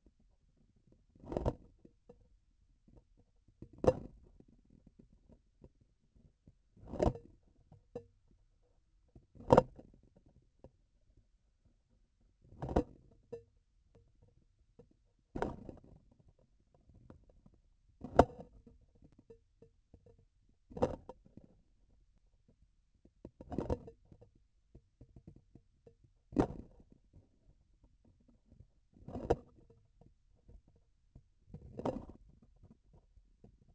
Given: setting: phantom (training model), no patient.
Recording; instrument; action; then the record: laparoscopic instrument, vibration sensor on the handle end; grasping forceps; opening and closing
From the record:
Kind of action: tool actuation without material contact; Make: Olympus